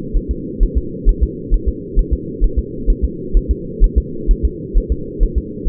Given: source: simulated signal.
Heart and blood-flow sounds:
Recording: fetal heart sounds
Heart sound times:
0.17 s: S1
0.31 s: S2
0.63 s: S1
0.78 s: S2
1.09 s: S1
1.23 s: S2
1.54 s: S1
1.68 s: S2
1.99 s: S1
2.13 s: S2
2.44 s: S1
2.59 s: S2
2.90 s: S1
3.04 s: S2
3.37 s: S1
3.51 s: S2
3.84 s: S1
3.98 s: S2
4.31 s: S1
4.45 s: S2
4.78 s: S1
4.92 s: S2
5.23 s: S1
5.38 s: S2
5.69 s: S1
From the record:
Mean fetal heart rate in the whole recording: 130 bpm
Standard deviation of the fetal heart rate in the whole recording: 4 bpm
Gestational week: 38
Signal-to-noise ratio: -4.3 dB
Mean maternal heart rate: 72 bpm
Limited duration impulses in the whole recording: absent

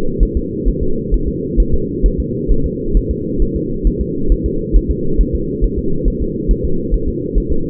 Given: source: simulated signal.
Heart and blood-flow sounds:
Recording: fetal heart sounds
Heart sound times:
0.23 s: S1
0.37 s: S2
0.68 s: S1
0.83 s: S2
1.14 s: S1
1.28 s: S2
1.60 s: S1
1.74 s: S2
2.06 s: S1
2.20 s: S2
2.52 s: S1
2.66 s: S2
2.97 s: S1
3.11 s: S2
3.42 s: S1
3.56 s: S2
3.87 s: S1
4.01 s: S2
4.32 s: S1
4.46 s: S2
4.77 s: S1
4.91 s: S2
5.21 s: S1
5.35 s: S2
5.64 s: S1
5.79 s: S2
6.08 s: S1
6.22 s: S2
6.51 s: S1
6.65 s: S2
6.94 s: S1
7.08 s: S2
7.38 s: S1
7.52 s: S2
From the record:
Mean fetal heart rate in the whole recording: 135 bpm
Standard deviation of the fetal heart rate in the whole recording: 3 bpm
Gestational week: 36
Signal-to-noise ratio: -8.1 dB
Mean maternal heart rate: 72 bpm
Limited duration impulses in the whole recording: absent

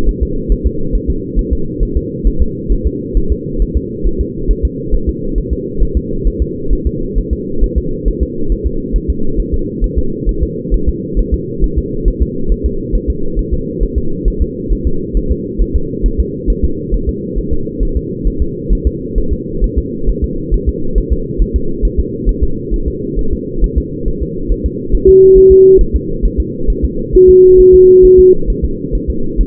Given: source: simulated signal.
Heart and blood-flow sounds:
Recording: fetal heart sounds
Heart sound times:
0.09 s: S1
0.23 s: S2
0.52 s: S1
0.67 s: S2
0.95 s: S1
1.10 s: S2
1.39 s: S1
1.53 s: S2
1.83 s: S1
1.97 s: S2
2.27 s: S1
2.42 s: S2
2.72 s: S1
2.87 s: S2
3.17 s: S1
3.32 s: S2
3.62 s: S1
3.77 s: S2
4.07 s: S1
4.21 s: S2
4.51 s: S1
4.65 s: S2
4.94 s: S1
5.09 s: S2
5.38 s: S1
5.53 s: S2
5.83 s: S1
5.97 s: S2
6.27 s: S1
6.42 s: S2
6.73 s: S1
6.87 s: S2
7.18 s: S1
7.33 s: S2
7.64 s: S1
7.78 s: S2
8.08 s: S1
8.23 s: S2
8.52 s: S1
8.67 s: S2
8.96 s: S1
9.10 s: S2
9.40 s: S1
9.54 s: S2
9.84 s: S1
9.98 s: S2
10.29 s: S1
10.43 s: S2
10.74 s: S1
10.89 s: S2
11.19 s: S1
11.34 s: S2
11.64 s: S1
11.78 s: S2
12.08 s: S1
12.22 s: S2
12.52 s: S1
12.66 s: S2
12.95 s: S1
13.10 s: S2
13.39 s: S1
13.53 s: S2
13.83 s: S1
13.98 s: S2
14.28 s: S1
14.42 s: S2
14.72 s: S1
14.87 s: S2
15.17 s: S1
15.31 s: S2
15.62 s: S1
15.76 s: S2
16.06 s: S1
16.20 s: S2
16.50 s: S1
16.65 s: S2
16.94 s: S1
17.09 s: S2
17.38 s: S1
17.53 s: S2
17.83 s: S1
17.97 s: S2
18.28 s: S1
18.42 s: S2
18.73 s: S1
18.87 s: S2
19.18 s: S1
19.33 s: S2
19.64 s: S1
19.78 s: S2
20.09 s: S1
20.24 s: S2
20.54 s: S1
20.69 s: S2
20.98 s: S1
21.13 s: S2
21.42 s: S1
21.56 s: S2
21.85 s: S1
22.00 s: S2
22.29 s: S1
22.44 s: S2
22.74 s: S1
22.88 s: S2
23.19 s: S1
23.33 s: S2
23.64 s: S1
23.78 s: S2
24.08 s: S1
24.23 s: S2
24.52 s: S1
24.66 s: S2
24.95 s: S1
25.09 s: S2
25.38 s: S1
25.52 s: S2
25.81 s: S1
25.96 s: S2
26.25 s: S1
26.40 s: S2
26.70 s: S1
26.85 s: S2
27.15 s: S1
27.30 s: S2
27.60 s: S1
27.75 s: S2
28.05 s: S1
28.19 s: S2
28.50 s: S1
28.65 s: S2
28.95 s: S1
29.10 s: S2
29.41 s: S1
From the record:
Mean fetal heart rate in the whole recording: 135 bpm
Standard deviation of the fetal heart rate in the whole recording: 3 bpm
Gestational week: 36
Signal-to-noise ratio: -8.1 dB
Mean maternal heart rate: 72 bpm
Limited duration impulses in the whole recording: present

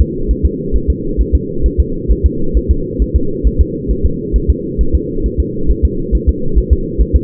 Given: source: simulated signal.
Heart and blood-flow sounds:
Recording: fetal heart sounds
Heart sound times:
0.01 s: S2
0.31 s: S1
0.46 s: S2
0.76 s: S1
0.90 s: S2
1.21 s: S1
1.35 s: S2
1.66 s: S1
1.80 s: S2
2.11 s: S1
2.26 s: S2
2.57 s: S1
2.71 s: S2
3.02 s: S1
3.16 s: S2
3.47 s: S1
3.61 s: S2
3.91 s: S1
4.06 s: S2
4.36 s: S1
4.50 s: S2
4.81 s: S1
4.95 s: S2
5.26 s: S1
5.40 s: S2
5.71 s: S1
5.85 s: S2
6.15 s: S1
6.29 s: S2
6.58 s: S1
6.73 s: S2
7.01 s: S1
7.16 s: S2
From the record:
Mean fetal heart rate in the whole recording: 135 bpm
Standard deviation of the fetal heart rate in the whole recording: 3 bpm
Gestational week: 34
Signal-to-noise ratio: -8.1 dB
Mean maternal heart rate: 72 bpm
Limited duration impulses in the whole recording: absent

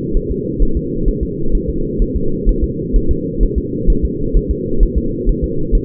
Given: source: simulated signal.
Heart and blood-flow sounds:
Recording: fetal heart sounds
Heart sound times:
0.17 s: S1
0.31 s: S2
0.62 s: S1
0.77 s: S2
1.08 s: S1
1.23 s: S2
1.55 s: S1
1.70 s: S2
2.02 s: S1
2.16 s: S2
2.49 s: S1
2.64 s: S2
2.96 s: S1
3.11 s: S2
3.43 s: S1
3.58 s: S2
3.90 s: S1
4.05 s: S2
4.37 s: S1
4.51 s: S2
4.83 s: S1
4.98 s: S2
5.29 s: S1
5.44 s: S2
5.75 s: S1
From the record:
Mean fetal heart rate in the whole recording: 130 bpm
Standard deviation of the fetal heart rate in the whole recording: 4 bpm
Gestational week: 38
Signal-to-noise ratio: -8.1 dB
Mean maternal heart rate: 72 bpm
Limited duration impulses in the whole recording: absent

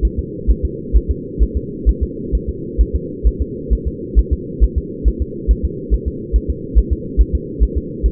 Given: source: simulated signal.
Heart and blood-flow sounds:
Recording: fetal heart sounds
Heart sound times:
0.05 s: S1
0.19 s: S2
0.51 s: S1
0.65 s: S2
0.96 s: S1
1.11 s: S2
1.43 s: S1
1.57 s: S2
1.89 s: S1
2.03 s: S2
2.35 s: S1
2.49 s: S2
2.81 s: S1
2.95 s: S2
3.27 s: S1
3.42 s: S2
3.73 s: S1
3.87 s: S2
4.19 s: S1
4.33 s: S2
4.64 s: S1
4.78 s: S2
5.08 s: S1
5.22 s: S2
5.51 s: S1
5.65 s: S2
5.94 s: S1
6.08 s: S2
6.36 s: S1
6.50 s: S2
6.78 s: S1
6.93 s: S2
7.21 s: S1
7.35 s: S2
7.63 s: S1
7.78 s: S2
8.06 s: S1
From the record:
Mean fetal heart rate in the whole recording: 135 bpm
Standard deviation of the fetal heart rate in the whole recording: 3 bpm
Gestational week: 34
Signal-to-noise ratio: -4.1 dB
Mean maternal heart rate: no maternal heart sound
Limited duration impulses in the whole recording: absent

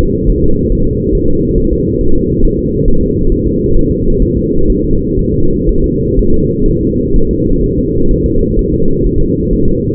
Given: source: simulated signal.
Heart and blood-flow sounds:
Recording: fetal heart sounds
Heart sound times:
0.01 s: S2
0.30 s: S1
0.44 s: S2
0.72 s: S1
0.87 s: S2
1.15 s: S1
1.30 s: S2
1.58 s: S1
1.73 s: S2
2.01 s: S1
2.16 s: S2
2.45 s: S1
2.59 s: S2
2.88 s: S1
3.03 s: S2
3.32 s: S1
3.47 s: S2
3.76 s: S1
3.91 s: S2
4.22 s: S1
4.37 s: S2
4.70 s: S1
4.84 s: S2
5.19 s: S1
5.34 s: S2
5.69 s: S1
5.84 s: S2
6.19 s: S1
6.34 s: S2
6.68 s: S1
6.83 s: S2
7.16 s: S1
7.31 s: S2
7.64 s: S1
7.78 s: S2
8.11 s: S1
8.26 s: S2
8.59 s: S1
8.74 s: S2
9.06 s: S1
9.21 s: S2
9.53 s: S1
9.68 s: S2
From the record:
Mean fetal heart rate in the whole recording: 130 bpm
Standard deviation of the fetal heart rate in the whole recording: 4 bpm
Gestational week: 38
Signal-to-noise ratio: -17.7 dB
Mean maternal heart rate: 72 bpm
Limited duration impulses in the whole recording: present

